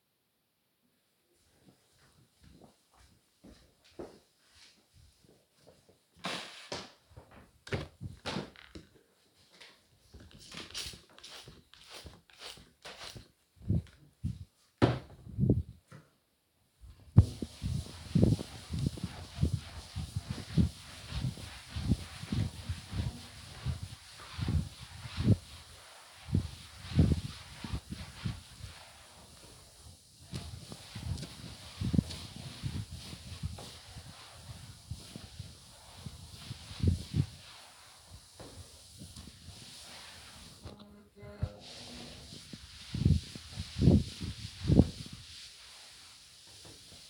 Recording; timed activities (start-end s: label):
household activities, microphone on the right wrist
8.88-47.10 s: cleaning table